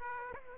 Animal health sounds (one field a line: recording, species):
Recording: mosquito wingbeat signal from an infrared sensor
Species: Aedes aegypti